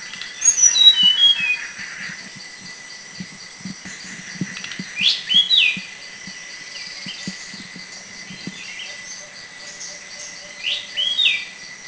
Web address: Sounds Thailand South 09 Tickells Blue Flycatcher